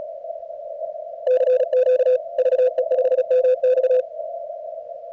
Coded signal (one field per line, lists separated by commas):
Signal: Morse code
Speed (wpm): 36 wpm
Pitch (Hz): 510 Hz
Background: radio noise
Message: CQ VE5MX